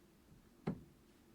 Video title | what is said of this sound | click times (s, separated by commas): ProBreeze PB AC05, 12000BTU Portable Air Conditioner Review | it in reverse till you hear a click | 0.7 s